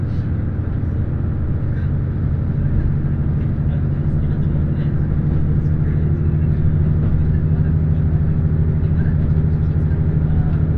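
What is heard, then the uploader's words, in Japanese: A KiHa 85 diesel express on the Kansai Main Line rumbles along at a steady pace, its engine a dense low drone that holds constant for the whole stretch. Faint rattles and brief higher clicks surface now and then over the hum. 関西本線 桑名→名古屋特急南紀6号（キハ85）。やはり特別急行らしい重厚さと貫禄がエンジン音から伝わってきます。とはいえこの日の編成は２両！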